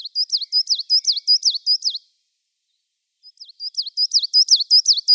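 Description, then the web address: Coal Tit song of rapid, bright two-syllable notes repeated several times per strophe, two strophes with a brief silence between them. "Schulze Peter Coal Tit song"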